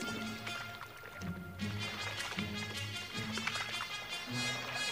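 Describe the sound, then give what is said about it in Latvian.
A flowing stream of water makes a steady, rushing hiss, layered with a low, rhythmic pulsing tone and sustained higher notes that sound like background music. “Un lūk arī straume.”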